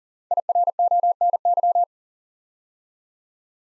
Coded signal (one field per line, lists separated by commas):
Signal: Morse code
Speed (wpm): 40 wpm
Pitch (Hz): 700 Hz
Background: none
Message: IRONY